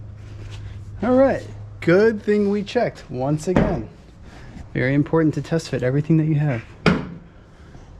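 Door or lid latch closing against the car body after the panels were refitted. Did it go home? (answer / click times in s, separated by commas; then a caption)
yes / 6.9 s. On a Nissan Gloria under restoration, a door or lid is closed during a test fit of the newly mounted rear body panels. Someone talks, then the latch shuts against the car body with one sharp click at 6.9 s. It seats right where it should.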